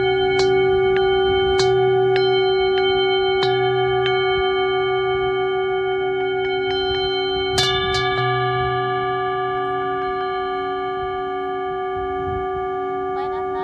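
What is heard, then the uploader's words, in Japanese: A singing bowl rings with a steady, sustained hum whose tones hold throughout, slowly fading. Small metallic taps and clinks strike every second or two, with a brighter hit near eight seconds, over a soft low rumble beneath. メキシコから シンギングボウルのサウンドヒーリングをお届け ライブ。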